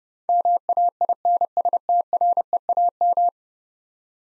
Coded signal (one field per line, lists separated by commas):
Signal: Morse code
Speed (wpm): 30 wpm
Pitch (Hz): 700 Hz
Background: none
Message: MAINSTREAM